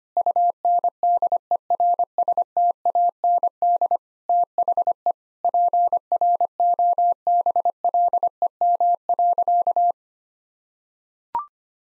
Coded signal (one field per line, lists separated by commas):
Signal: Morse code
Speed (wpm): 25 wpm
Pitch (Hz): 700 Hz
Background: none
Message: UNDERSTAND THE PROBLEM.